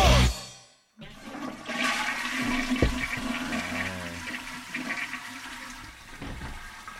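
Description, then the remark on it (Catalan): A toilet cistern flushes, used as an old radio-programme jingle played after a song: a loud rushing gurgle of water that swirls and drains for several seconds, with no voices over it. A brief sharp burst comes first, followed by a short gap. “Posàvem La Cisterna i també La Serra.”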